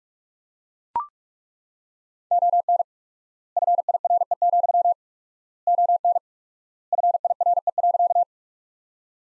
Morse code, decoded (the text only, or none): ON FIRE, ON FIRE.